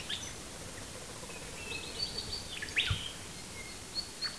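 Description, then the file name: Bird song: sparse, faint, high whistled notes and quick chirps spaced irregularly, over a quiet background hiss. "manu birdsongs"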